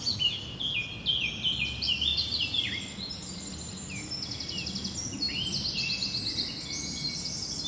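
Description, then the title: Birds in a busy chorus: rapid overlapping trills, buzzy rattles and down-slurred whistles, nearly continuous throughout, over a faint low rumble. Bird ambience at Rue du Rossignol, Seneffe, Belgium; recorded with Sony PCM-D100 internal microphones. "Rue du Rossignol 7, 7180 Seneffe, Belgique - Birds ambience"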